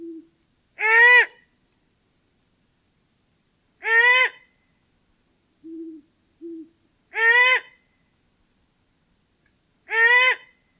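Great horned owl giving loud screeches roughly every three seconds, with a few short, low hoots in between.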